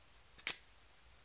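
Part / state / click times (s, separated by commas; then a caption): fountain pen cap off pen body / released / 0.5 s. A snap-fit cap is pulled off the body of an entry-level Cross fountain pen, with a faint tick at 0.4 s and then a sharp release click at 0.5 s before the room goes quiet again. The cap comes free, and the fit is judged relatively secure.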